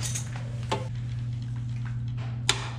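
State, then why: Seated. A metal quick link joining the chain of a Ribble CGR SL gravel bike with a SRAM Force eTap AXS drivetrain is popped into place by pressing on the pedal while holding the rear brake. Faint ticks sound over a steady low hum, then a sharp, loud snap at 2.5 s as the quick link seats fully.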